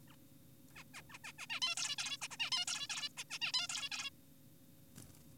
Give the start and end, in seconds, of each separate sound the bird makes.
0.08-0.16, 0.76-0.84, 0.94-1.02, 1.10-1.18, 1.24-1.32, 1.39-1.46, 1.50-1.60, 1.62-1.75, 1.77-1.96, 1.98-2.17, 2.22-2.28, 2.31-2.37, 2.40-2.50, 2.52-2.65, 2.68-2.88, 2.90-3.09, 3.18-3.24, 3.30-3.39, 3.42-3.52, 3.54-3.68, 3.70-3.90, 3.92-4.10